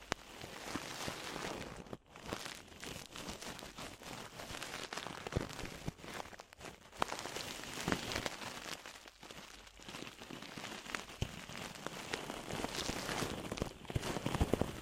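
Ear-cleaning sounds fill the recording: a dense, crackling rustle like crumpling or light rain, running almost without a break. The texture shifts constantly, with short dips near two and nine seconds and sharper clicks and pops scattered throughout, especially toward the end.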